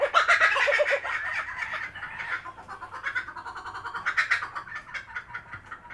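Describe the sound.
Laughing kookaburra giving its raucous laugh, a dense run of rapid, harsh cackling notes in bursts that fade toward the end.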